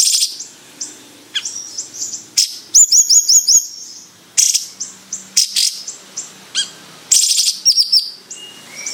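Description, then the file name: Bird song: vigorous high chattering and quick rattles, with short whistled phrases and buzzy notes given in repeated bursts. Described as gacor, meaning singing vigorously. "bayeman gacor"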